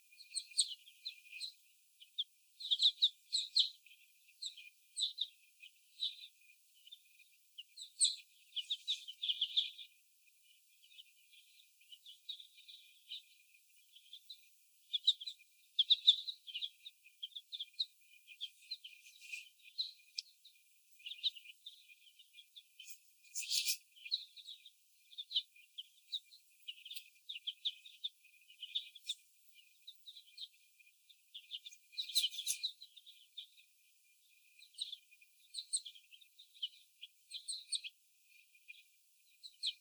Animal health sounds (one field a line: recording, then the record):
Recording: young laying hens in a cage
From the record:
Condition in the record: before the stressor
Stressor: sudden umbrella opening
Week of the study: 1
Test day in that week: 1